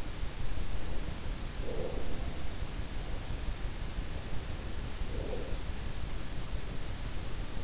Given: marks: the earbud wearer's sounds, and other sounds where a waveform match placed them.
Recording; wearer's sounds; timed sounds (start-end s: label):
sounds in sleep by an in-ear microphone; breath
1.32-2.44 s: breath
4.95-5.79 s: breath